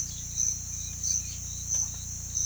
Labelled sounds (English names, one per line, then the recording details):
none
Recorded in pastures near Puerto Asís, Putumayo, Colombia, on 18 December 2024 at 06:30
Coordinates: 0.472, -76.331
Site GP02